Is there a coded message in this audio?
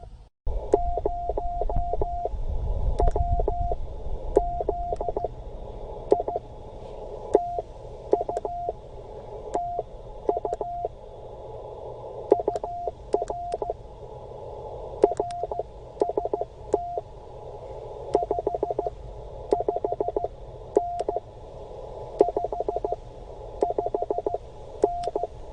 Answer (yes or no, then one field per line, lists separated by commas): yes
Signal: Morse code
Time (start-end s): 0.7-25.3 s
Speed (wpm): 15 wpm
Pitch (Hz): 700 Hz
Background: none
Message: 0WZI TU TU UR RST 55N 55N